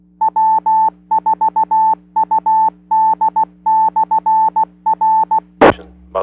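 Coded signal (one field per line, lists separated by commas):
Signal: Morse code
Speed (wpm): 16 wpm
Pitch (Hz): 880 Hz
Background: none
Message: W4UD/R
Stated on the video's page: Morse last call for a silent key.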